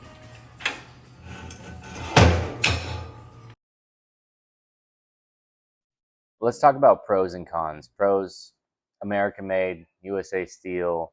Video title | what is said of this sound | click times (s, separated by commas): Rogue Fitness FM-6 Twin Functional Trainer Review - Why You Should Buy Once, Cry Once | You know, if you listen to this video, I'm going to leave the sound on, but there's an audible click when it clicks in. | 0.7 s, 2.6 s